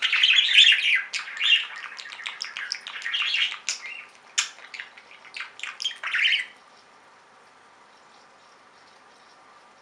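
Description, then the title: Budgerigar chattering, loud warbles and clicks for about six seconds, ending with a harsh squawk, then near silence. "Budgie Sounds"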